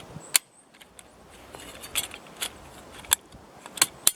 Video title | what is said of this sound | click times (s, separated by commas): Camp Haversack & Bushbox Stove review. | everything clicks into place and that's pretty much secure | 0.4 s, 3.1 s, 4.1 s